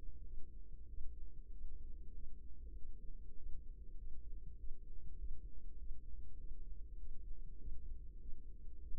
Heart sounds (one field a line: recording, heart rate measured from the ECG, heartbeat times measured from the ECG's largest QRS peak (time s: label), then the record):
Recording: heart sounds by microphone in the right ear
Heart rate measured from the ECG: 98 bpm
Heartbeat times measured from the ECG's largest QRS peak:
0.21 s: heartbeat
0.85 s: heartbeat
1.48 s: heartbeat
2.11 s: heartbeat
2.73 s: heartbeat
3.34 s: heartbeat
3.95 s: heartbeat
4.55 s: heartbeat
5.15 s: heartbeat
5.75 s: heartbeat
6.35 s: heartbeat
6.95 s: heartbeat
7.56 s: heartbeat
8.17 s: heartbeat
8.79 s: heartbeat
From the record:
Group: healthy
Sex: female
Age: 32 years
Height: 172 cm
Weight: 71.7 kg